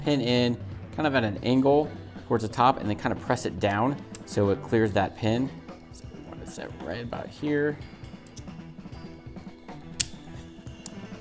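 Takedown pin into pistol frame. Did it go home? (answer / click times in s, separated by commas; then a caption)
yes / 10.0 s. Someone talks over background music while the takedown pin of a Ruger LCP pistol is inserted at an angle past a spring and pressed down through the frame. It clicks into place at 10.0 s, and the pin is then checked to be flush with the frame.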